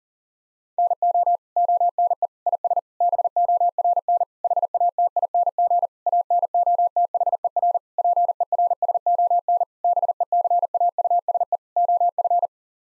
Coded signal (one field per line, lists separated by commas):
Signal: Morse code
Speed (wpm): 40 wpm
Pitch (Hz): 700 Hz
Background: none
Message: NO ONE IS BORN HATING ANOTHER PERSON BECAUSE OF